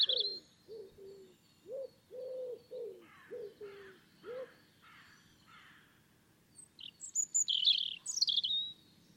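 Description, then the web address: European robin: a short, high, twittering song phrase near the end, after lower repeated notes from another bird open the passage. "cianscape birddata Deverinetal Bird Only Er Ru"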